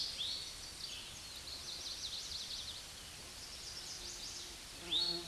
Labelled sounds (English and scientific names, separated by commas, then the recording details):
Eastern Towhee (Pipilo erythrophthalmus) song
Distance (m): 25 m
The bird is about 5 m above the microphone
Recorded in a Pennsylvania forest on 16 May 2024 at 09:05
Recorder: AudioMoth, point MSD-1342
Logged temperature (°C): 15.5 °C
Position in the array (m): 215 m, 168 m